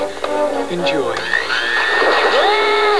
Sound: sound of blender whirring, then splattering sound